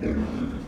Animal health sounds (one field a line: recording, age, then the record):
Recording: pig call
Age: growing-finishing pig (85 days or more)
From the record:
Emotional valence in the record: negative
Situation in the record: barren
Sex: female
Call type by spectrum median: low-frequency call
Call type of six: low-frequency modulated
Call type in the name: low-frequency modulated, not sure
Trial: 3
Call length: 0.68 s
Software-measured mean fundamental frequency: 52 Hz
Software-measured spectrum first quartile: 168 Hz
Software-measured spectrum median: 263 Hz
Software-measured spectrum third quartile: 472 Hz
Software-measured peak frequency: 231 Hz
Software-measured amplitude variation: 157 dB a second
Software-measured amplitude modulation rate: 27.3 a second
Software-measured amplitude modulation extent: 5.8 dB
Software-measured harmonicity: 1.0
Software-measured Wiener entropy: -0.58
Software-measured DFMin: 643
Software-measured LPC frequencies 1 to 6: 315, 1381, 2325, 3353, 4262, 4801 Hz